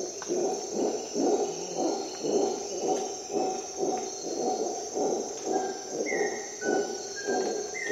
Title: Dawn in Costa Rica jungle - Howler monkey sounds